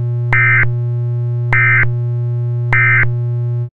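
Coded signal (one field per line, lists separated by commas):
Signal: none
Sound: synth music notes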